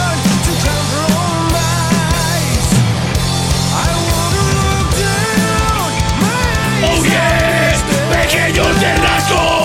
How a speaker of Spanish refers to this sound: Efectivamente, ese grito de guerra de la tribu Ternasca señala claramente que debes estar la escucha.